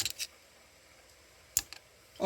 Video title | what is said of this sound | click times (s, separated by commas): REMPLACEMENT PISTON DU DIRTBIKE A Pti suisse !!! ( Repose Part 2) #LBJ | plans toujours entendre le petit clic c'est-à-dire qui s'est bien mis en place | 1.6 s